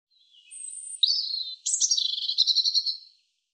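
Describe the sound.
European robin song: one phrase of about three seconds, thin high notes followed by a rapid tinkling trill, on a clean background.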